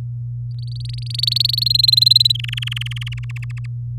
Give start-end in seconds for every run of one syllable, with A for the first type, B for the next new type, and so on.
0.59-1.64 A, 1.66-2.32 B, 2.35-3.14 C, 3.17-3.66 D